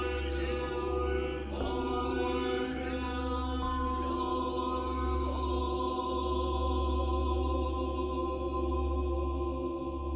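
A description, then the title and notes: A deep, steady low drone of chanting runs through the whole clip, layered with sustained ringing tones. Singing bells are struck near 1.5, 4 and 5 seconds, each adding fresh shimmer that lingers and slowly fades. Level stays even throughout. Meditation on Reality - with Buddhist Chants and Singing Bells.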